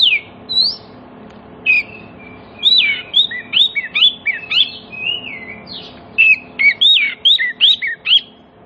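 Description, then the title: Oriental magpie-robin singing a varied string of clear whistled notes, slurred sweeps and short chips in quick bursts, with brief pauses between phrases. Kacer song played as a lure so that other magpie-robins start singing within about five minutes, meant for birds that have stopped singing. "Cukup Hitungan Menit Kacer Lain Bisa Bunyi. CUKUP 5 Menit Kacer LAIN NYAUT JADI GACOR, PANCINGAN KACER MACET BUNYI"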